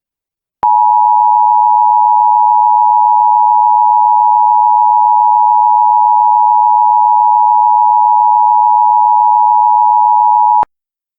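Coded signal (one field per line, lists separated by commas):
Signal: Emergency Alert System (SAME) tones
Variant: 853 and 960 Hz attention tone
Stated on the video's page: EAS tones in a fictional scenario made with Movie Maker 2012.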